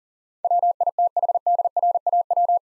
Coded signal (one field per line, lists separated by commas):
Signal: Morse code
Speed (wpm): 40 wpm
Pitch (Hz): 700 Hz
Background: none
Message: WITHDRAW